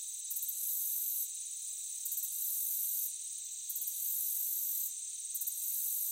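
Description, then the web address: Crickets producing a high buzzy chorus; bursts of quick pulses repeat, with a constant hissing trill underneath. Meadow ambience. "Blastwave AMBIENCE Meadow Crickets"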